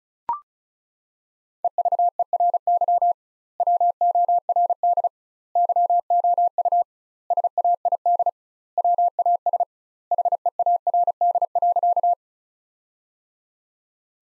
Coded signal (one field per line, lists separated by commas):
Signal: Morse code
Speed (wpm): 34 wpm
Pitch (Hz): 700 Hz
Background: none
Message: EVERY WORD YOU SAID WAS HEARD.